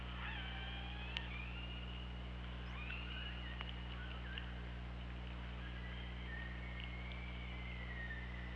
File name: Orca Lab UTLN JASON 20170824 080631 h 2 LL ORCALABDYNI